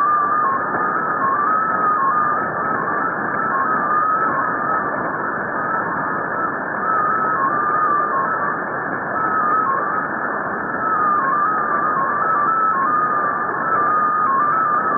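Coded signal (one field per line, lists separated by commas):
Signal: multi-tone FSK (Olivia or MFSK type)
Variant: XPA2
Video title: 13538 kHz USB - XPA2 - 04/04/2017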